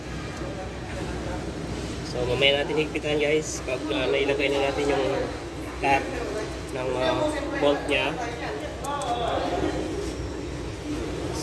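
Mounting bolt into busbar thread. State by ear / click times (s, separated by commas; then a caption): not seated / none. While mounting a circuit breaker on a busbar, a metal bolt is started into its busbar thread, and someone talks throughout over a steady background hum. A single brief hit sounds at about 8.9 s. The bolt does not line up with its thread and has to be worked into place, so nothing has seated or clicked.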